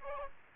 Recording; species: mosquito wingbeat signal from an infrared sensor; Aedes aegypti